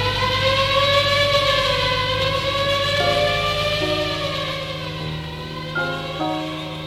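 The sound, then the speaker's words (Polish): A loud air raid siren, warning that an aircraft is approaching and bombing will follow, wails on a sustained, rich tone, sliding slowly upward before breaking into stepped, overlapping pitches, with a low steady drone underneath throughout and no voices. “Bombardowała to najpierw syrena, że raz jak syrena zawyła i tak ciężko, to znaczy, że samolot będzie szedł tą miejscowością, będzie bombardowanie.”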